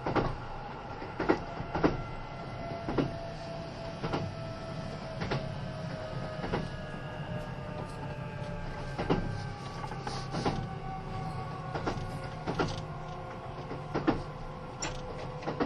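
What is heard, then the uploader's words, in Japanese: Onboard a Kintetsu 80000 series Hinotori train, a steady low rumble runs under sliding whine tones, with sharp rail-joint clicks every second or so. 近鉄80000系 (10番台日立製)ひのとり3113レ 01/01:近鉄名古屋～五十鈴川。Vehicles in the 10th series are equipped with Hitachi equipment in the control device and traction motor.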